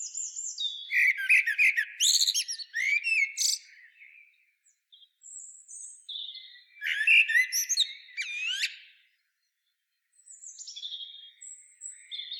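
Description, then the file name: Common blackbird song in two bursts of rich fluted notes, each ending in strained high squeaks, with brief high twitters between them. "Turdus merula"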